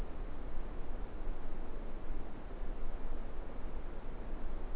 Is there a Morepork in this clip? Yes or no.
no